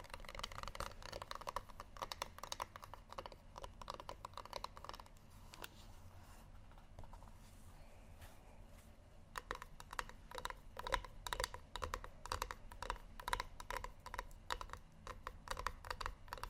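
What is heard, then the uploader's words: Rapid, dense tapping, like fingertips on a hard surface or keys, runs for about five seconds, thins to a few scattered taps for roughly four seconds, then resumes just as fast and busy until the end. A low, steady hum sits underneath throughout. ASMR Tapping Only Sleep Time（No Talking）.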